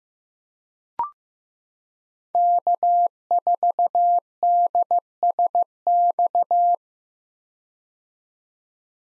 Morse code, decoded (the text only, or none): K4DSX